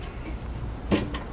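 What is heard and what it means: A euphonium piston valve is pushed back into its valve casing and the cap is turned until the valve's guide clicks into position, so the valve lines up with the instrument's piping. A sharp click is heard at 0.9 s, with fainter ticks near 0.0 s and 1.2 s. The valve is seated.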